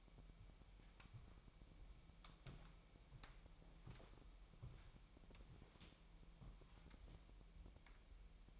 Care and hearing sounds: daily activity, microphone in the room; walk to room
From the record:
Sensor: 1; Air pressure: 1002.0 hPa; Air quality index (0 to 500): 247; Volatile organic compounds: 52 ppm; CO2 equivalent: 3316 ppm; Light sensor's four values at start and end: 6/15/6/7 and 6/14/6/6

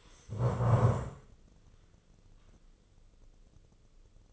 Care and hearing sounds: daily activity, microphone in the room; stand up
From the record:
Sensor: 4

